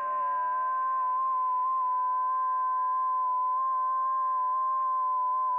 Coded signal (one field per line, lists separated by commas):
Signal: FT8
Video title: What is FT8 & Weak Signal Radio Communication? (Ham Radio)